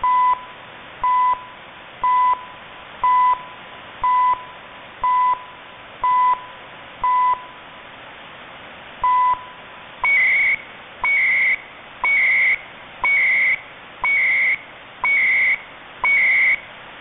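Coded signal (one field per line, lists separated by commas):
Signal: radio time signal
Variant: CHU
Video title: Canadian CHU HF time signal at 7850 kHz in AM mode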